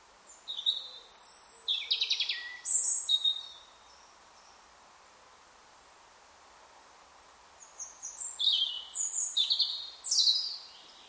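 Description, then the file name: European robin song: two bursts of high, thin, tumbling warbles with sliding whistles, separated by a quiet pause of about four seconds, over a soft steady background hiss. "Erithacus rubecula"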